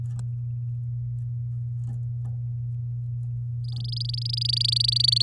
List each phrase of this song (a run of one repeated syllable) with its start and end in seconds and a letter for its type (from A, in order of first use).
3.64-5.22 A